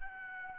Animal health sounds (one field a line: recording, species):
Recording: mosquito wingbeat signal from an infrared sensor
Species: Aedes albopictus